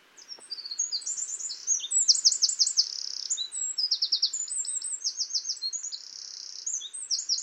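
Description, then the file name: Eurasian wren singing continuously, a bright, very high stream of rattling trills and piercing notes delivered at great speed throughout. "Troglodytes troglodytes"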